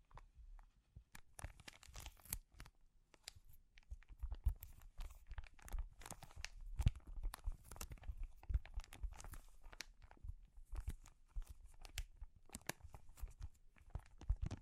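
Crinkling and crumpling sounds, dense and irregular, with many sharp bright crackles running through the whole clip. Louder crunchy bursts come around four and a half, seven and twelve and a half seconds, over a low rustling undertone.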